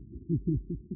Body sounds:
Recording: neck accelerometer signal played as sound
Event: no cough (speech, laughter, throat clearing or background)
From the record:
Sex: male

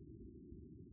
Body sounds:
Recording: neck accelerometer signal played as sound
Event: no cough (speech, laughter, throat clearing or background)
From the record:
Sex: male

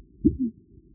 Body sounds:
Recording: neck accelerometer signal played as sound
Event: voluntary cough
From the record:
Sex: female

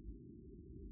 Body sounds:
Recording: neck accelerometer signal played as sound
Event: no cough (speech, laughter, throat clearing or background)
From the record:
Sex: female

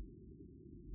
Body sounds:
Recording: neck accelerometer signal played as sound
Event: no cough (speech, laughter, throat clearing or background)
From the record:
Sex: female

